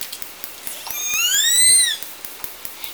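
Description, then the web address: Killer whale call: one tonal, harmonic call lasting about a second, rising then gently arching and falling, over a background of faint clicks and crackle. Southern resident killer whales; call type S14 from a call catalog. "SRKW call-catalog. Orca Calls Alwin. call S 14"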